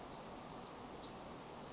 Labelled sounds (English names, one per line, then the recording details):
Western Flycatcher
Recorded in Sonoma County, California